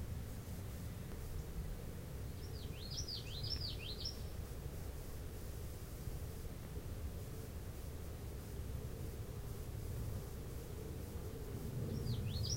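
Common yellowthroat singing a rapid series of rolling, repeated high phrases, then beginning another song near the end, against continuous low-pitched background noise.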